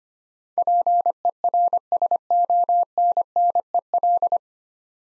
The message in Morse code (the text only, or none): PERSONNEL